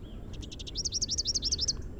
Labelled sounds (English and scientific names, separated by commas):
Rufous-capped Warbler (Basileuterus rufifrons) song